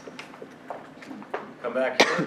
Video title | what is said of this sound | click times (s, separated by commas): WAY BACK WHEN #205 PANAVISION @fullsailuniversity | Okay, push it down and you're going to hear a 1 click. | 1.3 s